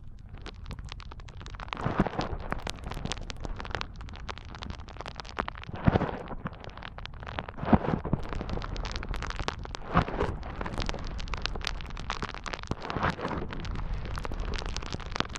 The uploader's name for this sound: ASMR Powerful Foam Brain Massage